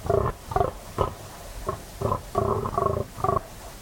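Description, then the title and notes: Fallow deer giving deep belching groans, about eight short bursts in under four seconds, unevenly spaced. Fallow buck during autumn rut, 3am moonless cold still night, West Dorset; staking his claim, warning off rivals and guarding his does; guttural bellow echoing through combes and hills. "Sound Escape 38: the eerie and dramatic fallow deer rut on a dark Dorset night. It's 3am on an autumn night in West Dorset. A fallow buck is staking his claim, warning off rivals and guarding his does. A guttural bellow that bursts the quiet and echoes through the combes and hills. BBC Countryfile Magazine. Recorded by Kevin Parr"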